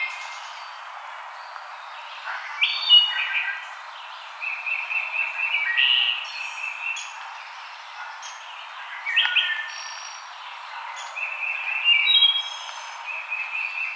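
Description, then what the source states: Wood thrush song: several flute-like phrases, some with a few low notes and a higher trilled ending, separated by pauses. Recorded 5 May 2007.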